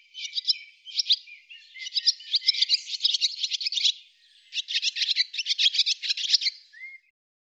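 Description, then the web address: Barn swallow twittering, bursts of quick scratchy chirps in two long phrases split by a short pause, ending with a single upslurred note. "cianscape birddata Deverinetal 2025"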